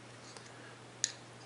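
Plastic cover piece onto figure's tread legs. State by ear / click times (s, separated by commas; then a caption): partly seated / 1.0 s. A plastic cover piece is fitted over the double tread legs of a small plastic robot figure to hide them, giving a faint tick at 0.4 s and a sharp click at 1.0 s. The cover only half clips on and is never confirmed to be fully in place.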